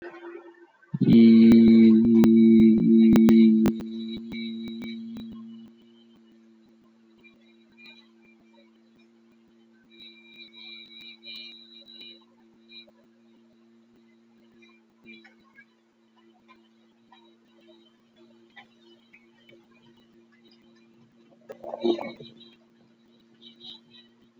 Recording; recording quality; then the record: sustained vowel as in beet; moderate, slight background noise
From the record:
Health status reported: healthy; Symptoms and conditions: none ticked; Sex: male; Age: 25 years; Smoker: not ticked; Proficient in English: yes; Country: India